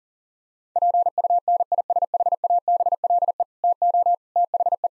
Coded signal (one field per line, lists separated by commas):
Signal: Morse code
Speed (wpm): 40 wpm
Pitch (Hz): 700 Hz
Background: none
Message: PUNISHABLE TO THE